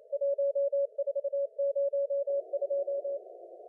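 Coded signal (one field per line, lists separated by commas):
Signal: Morse code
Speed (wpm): 29 wpm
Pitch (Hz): 560 Hz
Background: none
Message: 1402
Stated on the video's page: CWT contest operation.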